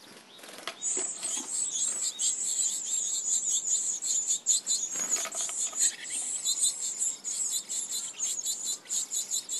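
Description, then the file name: Japanese tit calls: a near-continuous string of very high, scratchy buzzing notes, growing more broken toward the end, over quiet low background noise. Recorded at Kokubunji on 7 June 2015. "shijukara kokubunji mju"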